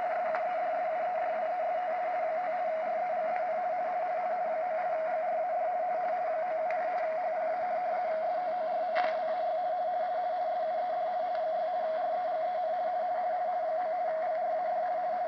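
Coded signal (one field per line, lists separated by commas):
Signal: RTTY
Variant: 50 baud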